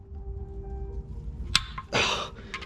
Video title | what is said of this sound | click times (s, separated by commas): POV - Nighttime Oil Change on 2012 Acura TL | We'll do one more click. | 1.6 s